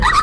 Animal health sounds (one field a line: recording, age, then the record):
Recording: pig call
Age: piglet (1 to 25 days)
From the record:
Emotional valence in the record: positive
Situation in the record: reunion after long isolation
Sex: male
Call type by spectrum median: low-frequency call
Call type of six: high-frequency stable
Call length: 0.23 s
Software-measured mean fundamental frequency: 193 Hz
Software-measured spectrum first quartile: 734 Hz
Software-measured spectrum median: 1233 Hz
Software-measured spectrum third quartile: 1896 Hz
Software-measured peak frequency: 1237 Hz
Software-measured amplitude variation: 147 dB a second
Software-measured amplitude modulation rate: 17.4 a second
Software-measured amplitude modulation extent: 8.4 dB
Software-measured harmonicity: 8.2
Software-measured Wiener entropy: -2.33